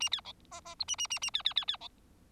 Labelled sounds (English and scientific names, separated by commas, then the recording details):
Bengalese Finch (Lonchura striata domestica) song
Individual Bird4